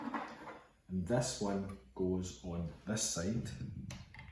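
Someone talks while handling the second plastic rear wheel cover for a Bandai Project BM scale model of the Akira motorbike, bringing it to the other side of the bike to be pressed on. Soft handling ticks are heard near the end, but the cover has not snapped into place yet and nothing has seated or clicked.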